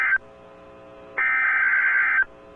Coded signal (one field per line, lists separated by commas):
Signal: Emergency Alert System (SAME) tones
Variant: header bursts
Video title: DOUBLE HEADER - EAS Alert #192 & 193: PDS Tornado Warning/Tornado Warning (Apr 19, 2023)